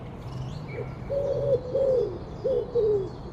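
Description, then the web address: Common wood pigeon cooing: several soft, hollow coos, some drawn out and falling slightly, with faint high bird notes in the background. "cianscape. Deverinetal"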